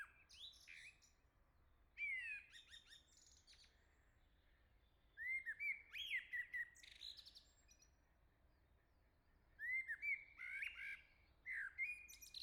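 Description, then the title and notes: Common blackbird song: repeated fluted phrases with rising and falling slurred whistles, each trailing into harsh high chattering notes. "Le Merle salue l'été, 3 Gd Rue de Chassagne, 17220 La Jarrie, France. Quel Sol!!!! pour saluer l'arrivée de l'été ce matin! Merci Jolie Merle de tes vocalises à proximité!"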